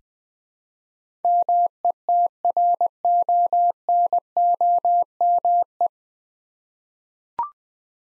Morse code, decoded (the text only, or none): METRONOME